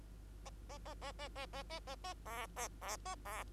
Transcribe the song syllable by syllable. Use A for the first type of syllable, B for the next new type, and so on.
A A A A A A A A A A B B B A B